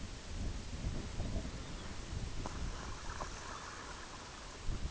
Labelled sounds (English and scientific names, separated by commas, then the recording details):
Lapland Longspur (Calcarius lapponicus), Red-throated Loon (Gavia stellata)
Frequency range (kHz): Lapland Longspur (Calcarius lapponicus) 2.4-5.0 kHz; Red-throated Loon (Gavia stellata) 0.2-2.4 kHz
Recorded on Arctic tundra, site IGLO-B, on 19 June 2018
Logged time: 23:59